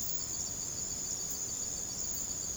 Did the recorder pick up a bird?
no